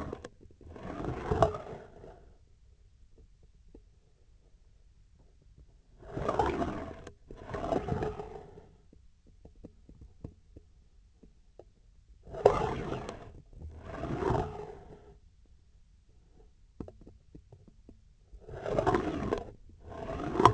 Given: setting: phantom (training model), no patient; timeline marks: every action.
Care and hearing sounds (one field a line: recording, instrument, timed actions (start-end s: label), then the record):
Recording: laparoscopic instrument, vibration sensor on the handle end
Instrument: scissors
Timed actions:
0.00-0.31 s: retracting movement
0.51-2.47 s: approaching movement
5.97-7.09 s: retracting movement
7.27-8.67 s: approaching movement
12.19-13.39 s: retracting movement
13.71-15.22 s: approaching movement
18.35-19.52 s: retracting movement
19.76-20.54 s: approaching movement
From the record:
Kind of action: spatial motion